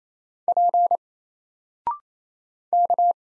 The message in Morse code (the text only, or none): P K